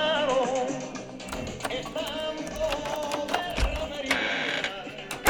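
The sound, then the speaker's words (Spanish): A key scrapes and clicks in the lock of a home's door in an apartment building, with a few sharp metallic rattles, then the door creaks open, all over a steady low background hum. “¿tú tienes la llave de la casa de don Emilio?”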